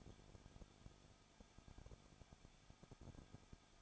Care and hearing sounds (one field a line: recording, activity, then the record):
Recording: daily activity, microphone in the room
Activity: no activity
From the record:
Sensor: 5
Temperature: 20.9 degrees Celsius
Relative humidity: 35.1%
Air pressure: 994.7 hPa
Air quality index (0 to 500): 153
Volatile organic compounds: 2 ppm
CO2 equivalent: 1279 ppm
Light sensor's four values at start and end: 2/3/1/1 and 2/3/1/1